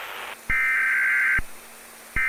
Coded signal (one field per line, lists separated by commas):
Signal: Emergency Alert System (SAME) tones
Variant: header bursts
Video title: EAS Simulation: The Fallout Reckoning | Immersive Audio Drama | NO Ai